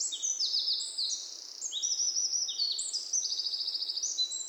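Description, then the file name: Eurasian wren song, a continuous torrent of piercing high notes, rattling trills and quick chatters, barely pausing for the whole stretch. "Troglodytes troglodytes"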